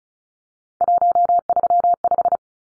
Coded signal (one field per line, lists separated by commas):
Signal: Morse code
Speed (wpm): 34 wpm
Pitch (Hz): 700 Hz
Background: none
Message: 135